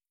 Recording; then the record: hydrophone in a shrimp aquaculture tank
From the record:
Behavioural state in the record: stressed